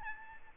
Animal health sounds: mosquito wingbeat signal from an infrared sensor; Aedes albopictus

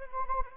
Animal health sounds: mosquito wingbeat signal from an infrared sensor; Anopheles gambiae

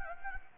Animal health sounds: mosquito wingbeat signal from an infrared sensor; Anopheles gambiae

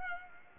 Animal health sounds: mosquito wingbeat signal from an infrared sensor; Culex pipiens

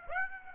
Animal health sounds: mosquito wingbeat signal from an infrared sensor; Aedes aegypti

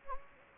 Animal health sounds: mosquito wingbeat signal from an infrared sensor; Anopheles gambiae

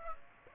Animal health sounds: mosquito wingbeat signal from an infrared sensor; Aedes aegypti

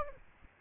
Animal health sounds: mosquito wingbeat signal from an infrared sensor; Aedes aegypti

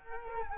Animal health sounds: mosquito wingbeat signal from an infrared sensor; Culex quinquefasciatus

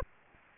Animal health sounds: mosquito wingbeat signal from an infrared sensor; Aedes aegypti

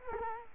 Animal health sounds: mosquito wingbeat signal from an infrared sensor; Culex quinquefasciatus

